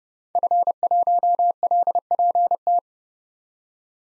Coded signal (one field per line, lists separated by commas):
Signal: Morse code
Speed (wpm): 30 wpm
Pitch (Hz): 700 Hz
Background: none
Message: F1LPT